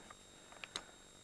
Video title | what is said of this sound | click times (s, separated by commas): M1 Carbine Spring Replacement Part 2 | See, there it just popped off. | 0.6 s, 0.8 s